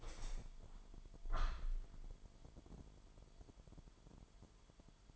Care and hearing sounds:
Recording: daily activity, microphone in the room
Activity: open window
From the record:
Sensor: 5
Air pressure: 998.3 hPa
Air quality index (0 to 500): 90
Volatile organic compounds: 2 ppm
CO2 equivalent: 1022 ppm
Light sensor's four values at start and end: 20/48/20/22 and 20/48/20/22

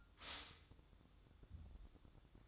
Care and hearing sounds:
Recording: daily activity, microphone in the room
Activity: stop toaster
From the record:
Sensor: 3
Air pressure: 1007.1 hPa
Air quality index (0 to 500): 57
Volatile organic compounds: 1 ppm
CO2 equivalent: 601 ppm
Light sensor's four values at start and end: 9/21/9/9 and 9/21/9/9

